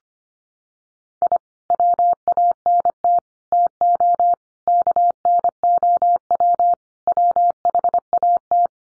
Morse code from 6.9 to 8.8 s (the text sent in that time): WHAT